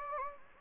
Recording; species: mosquito wingbeat signal from an infrared sensor; Anopheles gambiae